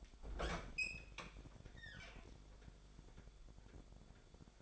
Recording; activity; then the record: daily activity, microphone in the room; open fridge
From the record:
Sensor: 5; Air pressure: 1004.7 hPa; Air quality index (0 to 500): 159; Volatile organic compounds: 3 ppm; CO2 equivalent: 1497 ppm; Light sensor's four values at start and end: 22/50/20/18 and 24/55/22/21